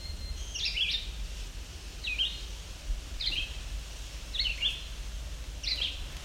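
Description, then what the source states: Black-throated Blue Warbler singing several short, buzzy high notes, soft against a low rumbling background. Along an old access road trail leading to Lake Huron at Alvar Bay; song not very loud; an extra buggy day.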